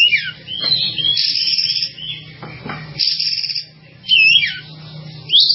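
Bird song with hissy chatter, a few whistled slurs and a loud looping whistle.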